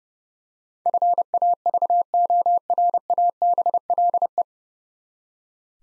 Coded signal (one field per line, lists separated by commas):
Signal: Morse code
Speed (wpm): 30 wpm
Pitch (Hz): 700 Hz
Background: none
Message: FAVORABLE